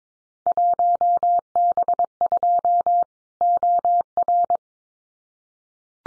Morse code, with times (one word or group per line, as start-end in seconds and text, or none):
0.5-3.0 1B2
3.4-4.6 OR